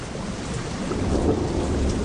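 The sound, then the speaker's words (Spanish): Steady, dense rain hisses without pause while a deep, rolling rumble of thunder swells underneath, keeping the whole stretch loud and continuous with no voices. “Esta agua condensada desataría el mayor diluvio que la Tierra jamás vería. Mientras las tormentas retumbaban en el cielo, la lluvia comenzó a caer en la rocosa superficie. Y siguió cayendo.”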